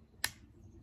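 An aftermarket Shield Arms magazine is pushed into the magazine well of a Glock 43X MOS pistol, giving a single sharp, bright click at 0.24 s that fades quickly into quiet. The click is a false early one that comes before the magazine is fully seated, so it has not actually locked in.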